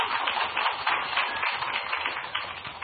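A round of applause from a crowd, steady dense clapping sustained for about three seconds at an even, moderately loud level, with no talking over it.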